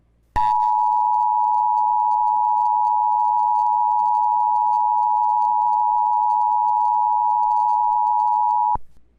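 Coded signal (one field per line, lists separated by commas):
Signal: Emergency Alert System (SAME) tones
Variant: 853 and 960 Hz attention tone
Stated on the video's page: Fictional EAS scenario, not a real alert.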